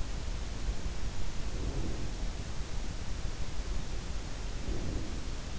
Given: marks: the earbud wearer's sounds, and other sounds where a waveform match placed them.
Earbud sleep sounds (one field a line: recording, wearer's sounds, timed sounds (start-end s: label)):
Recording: sounds in sleep by an in-ear microphone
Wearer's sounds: breath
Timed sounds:
1.46-2.43 s: breath
4.43-5.50 s: breath